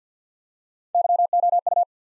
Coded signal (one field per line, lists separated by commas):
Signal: Morse code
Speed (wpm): 49 wpm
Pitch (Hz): 700 Hz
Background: none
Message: Y O U